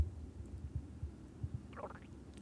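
Soft low thumps, then a brief gurgling rumble from a hungry adult woman's belly, picked up with the microphone held against her abdomen: ordinary hunger-related stomach growling.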